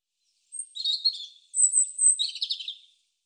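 European robin song: two high, thin phrases of warbling notes and drawn-out whistles around one second each, separated by a short pause, on a silent background.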